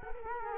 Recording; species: mosquito wingbeat signal from an infrared sensor; Culex quinquefasciatus